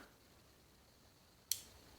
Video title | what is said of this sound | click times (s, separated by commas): CZ Scorpion Binary Fix | you hear it snap back the other direction nice and cleanly | 1.5 s